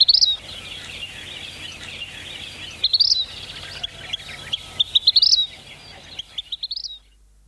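Vermilion flycatcher singing a few fast, rising, stuttering phrases that climb to a sharp high note, with pauses between bursts and a soft background hiss.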